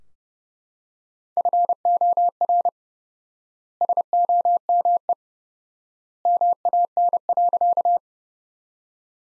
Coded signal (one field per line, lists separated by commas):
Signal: Morse code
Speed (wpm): 32 wpm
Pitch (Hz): 700 Hz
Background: none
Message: FOR SOME MAN.